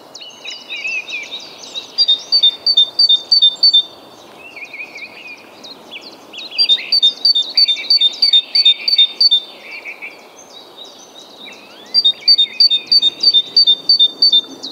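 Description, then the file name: Great tit song: bright two-note phrases repeated rapidly in three bursts, with varied chirps in between. "Parus major"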